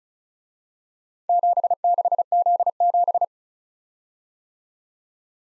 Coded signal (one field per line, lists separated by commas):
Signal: Morse code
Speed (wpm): 38 wpm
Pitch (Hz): 700 Hz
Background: none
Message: 76Z7